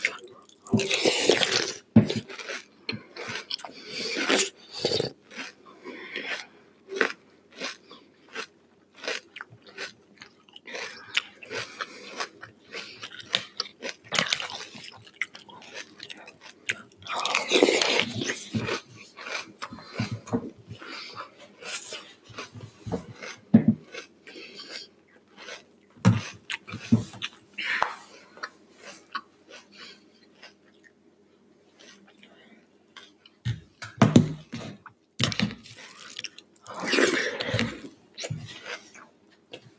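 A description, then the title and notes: Someone eats cereal with crunchy chewing bites in irregular bursts, louder crunches near 1, 18, and 34–37 seconds, and a faint steady hum beneath. Cereal eating. Today's cereal is HONEY BUNCHES OF OATS.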